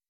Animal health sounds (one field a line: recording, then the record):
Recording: hydrophone in a shrimp aquaculture tank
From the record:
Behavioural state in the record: weakened